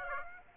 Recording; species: mosquito wingbeat signal from an infrared sensor; Aedes aegypti